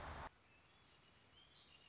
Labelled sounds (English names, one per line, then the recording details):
Red-winged Blackbird
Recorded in Sonoma County, California